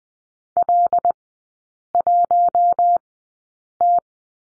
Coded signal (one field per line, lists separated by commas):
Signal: Morse code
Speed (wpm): 20 wpm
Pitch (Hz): 700 Hz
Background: none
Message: L1T